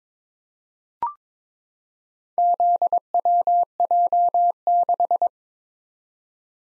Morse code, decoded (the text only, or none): ZWJ6